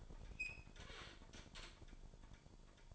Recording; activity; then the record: daily activity, microphone in the room; open fridge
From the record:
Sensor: 5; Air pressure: 1007.9 hPa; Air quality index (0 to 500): 91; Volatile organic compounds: 1 ppm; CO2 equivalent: 718 ppm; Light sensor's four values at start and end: 38/87/36/37 and 39/89/37/38